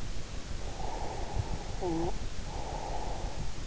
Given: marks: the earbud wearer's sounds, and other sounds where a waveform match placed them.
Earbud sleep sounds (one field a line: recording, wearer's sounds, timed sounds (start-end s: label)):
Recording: sounds in sleep by an in-ear microphone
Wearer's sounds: breath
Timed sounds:
0.35-3.47 s: breath